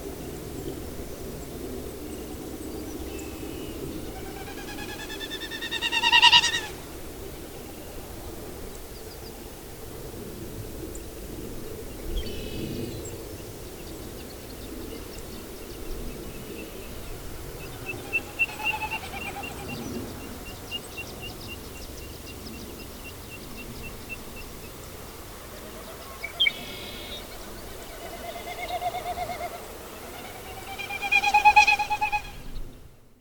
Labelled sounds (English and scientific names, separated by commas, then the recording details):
Wilson's Snipe (Gallinago delicata)
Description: Wilson's Snipe sounds produced from air passing over the tail feathers during a dive
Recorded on 22 June 2015